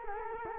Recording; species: mosquito wingbeat signal from an infrared sensor; Culex quinquefasciatus